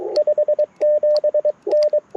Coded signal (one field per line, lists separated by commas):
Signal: Morse code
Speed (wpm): 22 wpm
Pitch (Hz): 600 Hz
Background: radio noise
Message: 57N